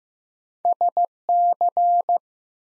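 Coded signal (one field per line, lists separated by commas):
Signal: Morse code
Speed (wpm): 15 wpm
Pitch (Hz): 700 Hz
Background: none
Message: SC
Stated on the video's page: Morse code head-copy drill of ARRL section abbreviations used in Field Day contest exchanges, sent at 15 wpm, each sent twice.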